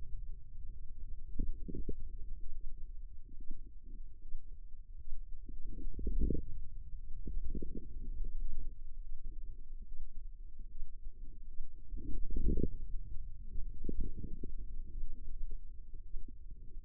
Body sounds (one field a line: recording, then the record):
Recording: forearm muscle sounds (acoustic myography)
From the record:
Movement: wrist flexion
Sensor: system 2, bracelet of six BSWA MPA416 microphones around the upper forearm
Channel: 5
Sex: female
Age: 25 years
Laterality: right